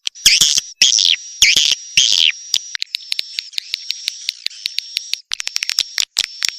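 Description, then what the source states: Swiftlet calls: harsh, buzzy high bursts, then a thin sustained whistle dotted by sharp clicks. Swiftlet lure call, used to attract swiftlets.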